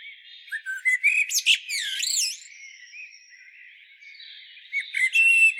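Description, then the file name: Common blackbird with sharp squeaky notes and a wavering, slurred warble around two seconds, followed by quiet and a brief burst of high thin notes at the end. "Turdus merula"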